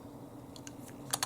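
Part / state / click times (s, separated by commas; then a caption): lock cylinder into a door entry knob / not seated / none. A metal lock cylinder is being handled and pushed toward a Kwikset door entry knob, with a steady low hum underneath. Faint taps sound near 0.6 and 0.7 s, and two sharper, louder handling clicks come near 1.1 and 1.2 s. Nothing has seated or clicked into place yet.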